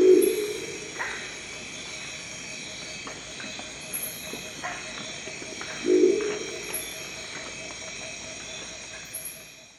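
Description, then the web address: Crested owl giving short, low, growling notes, one at the start and another about six seconds later, over a steady high hiss and faint clicks. "sound Crested-owl. صدای-جغد-کاکلی"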